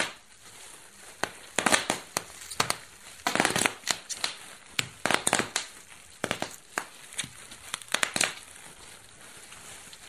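Bubble wrap pops in quick, sharp snaps, sometimes single and sometimes in rapid clusters of three or four, spread irregularly across the whole stretch. The bursts are bright and crackly, with short quiet gaps between them and a faint steady hiss underneath.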